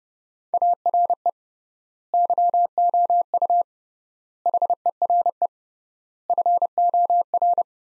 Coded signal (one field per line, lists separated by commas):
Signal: Morse code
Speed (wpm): 30 wpm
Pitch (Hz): 700 Hz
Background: none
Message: ARE YOU HERE FOR